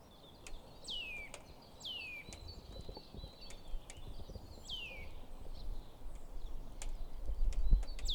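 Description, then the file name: Eurasian nuthatch calls: sharp downward-sliding whistles repeated at irregular intervals, over a low rumbling background with scattered sharp ticks. "Sitta europaea"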